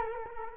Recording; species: mosquito wingbeat signal from an infrared sensor; Culex quinquefasciatus